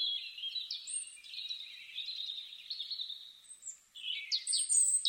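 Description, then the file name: European robin song, a drawn-out, wavering high warble with thin whistles above, then a quick cluster of sharp, high notes over light hiss. "Erithacus rubecula"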